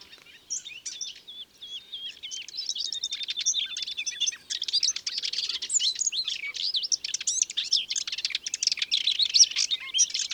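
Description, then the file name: Common whitethroat song, a fast, scratchy, high warble running on without pause, with a brief sustained trill near the start. "Fauvette grisette ABC des chants doiseaux"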